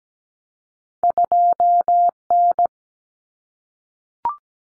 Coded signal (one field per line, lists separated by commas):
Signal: Morse code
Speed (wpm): 17 wpm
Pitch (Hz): 700 Hz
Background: none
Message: 2N